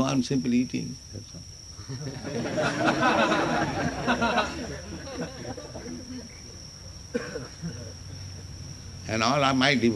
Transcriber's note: laughter